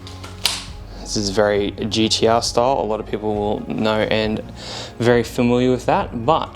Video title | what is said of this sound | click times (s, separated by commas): Dragon Eagle First look and Unboxing | um other notable things too guys is while we click this into place place | 0.5 s